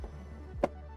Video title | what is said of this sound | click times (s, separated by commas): How to get started with your Bailey Campervan | the AdBlue clips shut. | 0.6 s